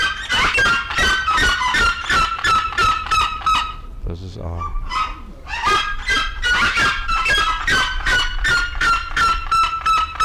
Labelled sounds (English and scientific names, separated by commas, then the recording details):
Red-legged Seriema (Cariama cristata) call
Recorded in captivity
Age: adult
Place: Zoo Berlin, Berlin, DE
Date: 1993-02-20
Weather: 3°C, heiter bis wolkig, böiger Wind
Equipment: Marantz CP 430, Sennheiser ME 80, Kopie Uher Variocord 263
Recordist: Tembrock, Günter